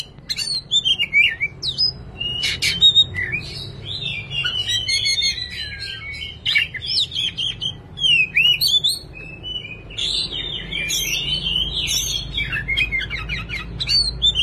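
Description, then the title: Oriental magpie-robin giving a long, rambling run of scratchy and whistled notes, fairly soft, over a continuous low rumble. "Kacer"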